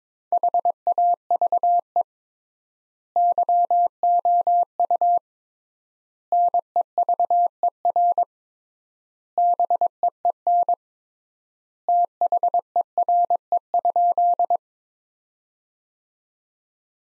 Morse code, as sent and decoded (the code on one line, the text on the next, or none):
.... .- ...- . / -.-- --- ..- / -. . ...- . .-. / -... . . -. / - .... . .-. . ..--..
HAVE YOU NEVER BEEN THERE?